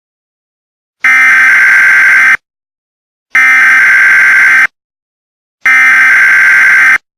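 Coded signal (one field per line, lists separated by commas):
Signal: Emergency Alert System (SAME) tones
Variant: header bursts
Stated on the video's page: Fictional EAS scenario.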